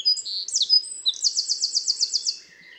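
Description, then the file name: Eurasian wren song: high thin notes, then a fast, even, buzzy trill of rapid notes that stops abruptly. "Troglodytes troglodytes 301298"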